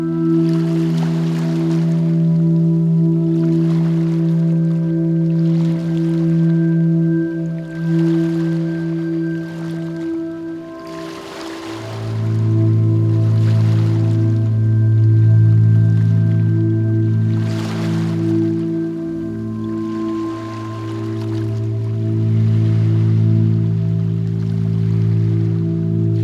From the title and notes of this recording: Gentle waves lapping at the shore.